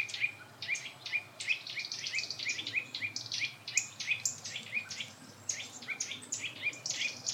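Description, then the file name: Eurasian nuthatch gives a rapid, insistent series of sharp high calls, several per second, barely pausing throughout, with low background hiss. "Sitta europaea"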